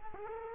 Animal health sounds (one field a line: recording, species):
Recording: mosquito wingbeat signal from an infrared sensor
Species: Culex quinquefasciatus